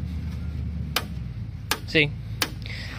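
On the working door of a 1965 car, the metal latch wheel in the door latch mechanism is operated and clicks into place, with sharp clicks at 1.0 s and 1.7 s, shown as a contrast to the broken door on the other side. Someone briefly talks around 2.0 s, and another sharp click follows at 2.4 s over a low background hum.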